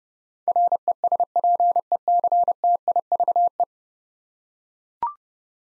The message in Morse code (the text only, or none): RESPECTIVE